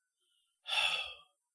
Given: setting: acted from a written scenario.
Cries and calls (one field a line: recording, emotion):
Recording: vocal sound without words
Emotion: romantic love